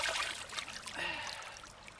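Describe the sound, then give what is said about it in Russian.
A hand plunges into the water of a pond on a sunny day to pull out a small fish, giving a brief splash over a steady, soft trickling of moving water. No voices are heard. “Кирилл резко опускает руку в воду,”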